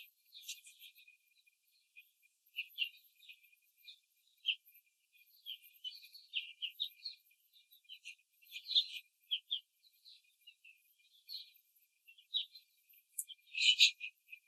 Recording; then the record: young laying hens in a cage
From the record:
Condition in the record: control cage, after the stress test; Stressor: none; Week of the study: 4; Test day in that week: 3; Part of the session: 1